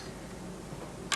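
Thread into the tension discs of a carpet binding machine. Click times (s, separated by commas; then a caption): 1.1 s. Thread is pulled down between the two metal tension discs of a portable carpet binder sewing machine, an NC Carpet Binder model PBS or PBT. A quiet, steady low background gives way to a sharp, bright click at 1.1 seconds as the thread seats between the discs.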